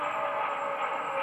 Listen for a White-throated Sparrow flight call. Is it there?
no